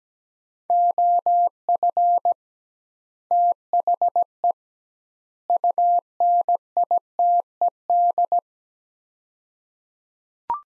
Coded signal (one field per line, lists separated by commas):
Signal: Morse code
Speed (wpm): 17 wpm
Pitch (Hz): 700 Hz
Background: none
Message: OF THE UNITED